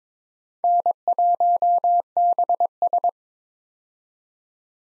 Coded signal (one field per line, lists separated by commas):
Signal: Morse code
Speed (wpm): 22 wpm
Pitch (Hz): 700 Hz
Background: none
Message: N1BS